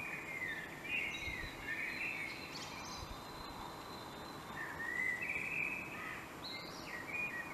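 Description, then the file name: Common blackbird song, fluted warbling phrases around mid pitch, some rising, with a few higher squeaky notes, over steady background hiss. "Turdus merula"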